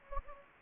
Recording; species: mosquito wingbeat signal from an infrared sensor; Anopheles gambiae